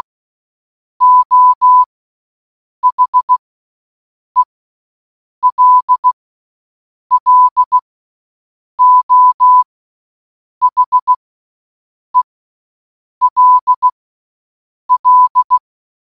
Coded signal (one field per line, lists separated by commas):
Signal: Morse code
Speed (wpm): 16 wpm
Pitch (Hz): 1000 Hz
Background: none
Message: O HELLO HELL